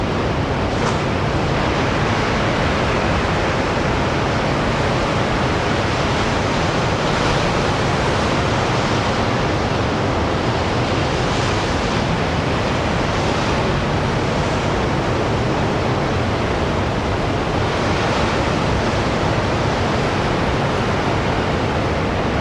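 Ocean waves roar against rocky cliffs in a dense, unbroken wash of sound, heard from above at the cliff edge. Brighter surges swell through the hiss every few seconds, near the start, around seven, eleven to fifteen and eighteen seconds, over a steady low rumble.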